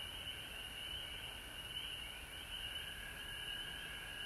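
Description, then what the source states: A frog chorus of continuous high-pitched trilling, with faint low rumbling in the background. Recorded at home in Georgia on March 19, 2020.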